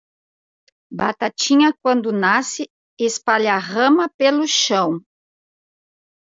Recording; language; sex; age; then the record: short text; Brazilian Portuguese; female; 50 to 59 years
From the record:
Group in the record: control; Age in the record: 57 years